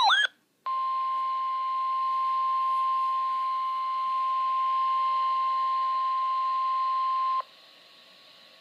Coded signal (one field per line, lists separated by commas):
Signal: Emergency Alert System (SAME) tones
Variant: 1050 Hz attention tone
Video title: Severe T'Storm Warning (EAS #121)-NOAA